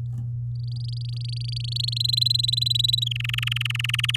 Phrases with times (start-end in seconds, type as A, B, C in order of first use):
0.55-1.98 A, 2.00-3.04 B, 3.06-4.16 C